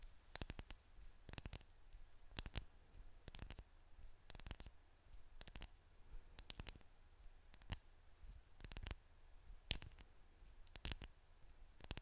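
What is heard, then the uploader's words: ASMR tapping: crisp, sharp taps come in quick clusters of two or three, recurring roughly every second across the twelve seconds. Each tap is bright and clicky with a short snap, separated by near-silence with only a faint low hiss. ASMR Tapping Scratching Touching.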